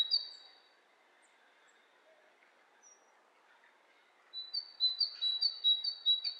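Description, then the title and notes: Bird chirps briefly at the start, then near silence, followed by a lively series of quick high repeated chirps. Two birds interacting, lo-fi recording. "bird dialogs. lo-fi recording of two birds interacting"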